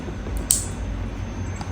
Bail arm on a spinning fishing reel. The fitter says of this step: உங்களுக்கு இந்த click sound.